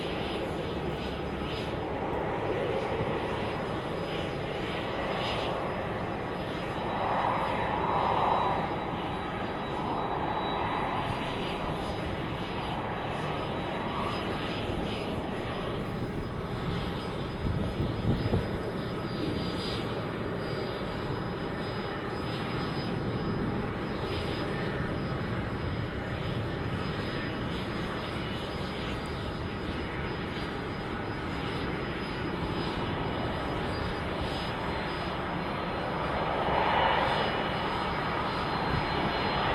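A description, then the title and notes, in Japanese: Aircraft engines run without pause at an airfield, a dense, steady roar filling the low and middle range. Brief swells rise around 8, 18 and 37 seconds, as if an engine revs up for takeoff, then the constant drone settles back. 飛行場の音 – Airfield。羽田空港で録音しました。エンジン音は常に鳴っていますが、コロナの影響で飛行機の発着が少ないですね…。それでもたまに飛び立とうとするエンジンの発信音が良いです。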